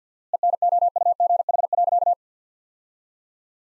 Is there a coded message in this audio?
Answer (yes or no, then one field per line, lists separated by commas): yes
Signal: Morse code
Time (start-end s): 0.3-2.1 s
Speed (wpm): 50 wpm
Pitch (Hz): 700 Hz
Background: none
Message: ENOUGH.